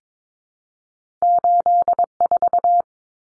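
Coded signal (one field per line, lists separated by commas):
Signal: Morse code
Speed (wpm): 22 wpm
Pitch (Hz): 700 Hz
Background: none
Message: 84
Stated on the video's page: Two-digit number copy drill at 22 wpm, each number sent in Morse twice.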